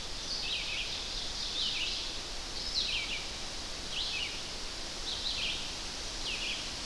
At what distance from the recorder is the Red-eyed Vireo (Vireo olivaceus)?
about 40 m